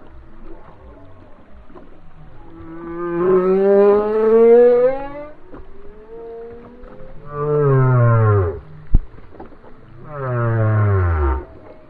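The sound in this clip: Whale song: a long wavering moan, a thin rising whistle, then two deep falling groans, one brief click between them.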